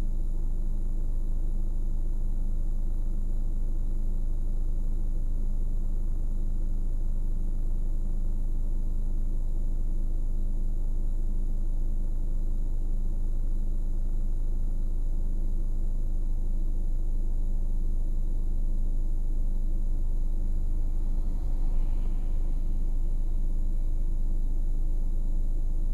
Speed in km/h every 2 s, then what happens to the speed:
1, 0, 1, 1, 0, 1, 1, 0, 1, 0, 1, 0, 0.
0-26 standing.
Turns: none.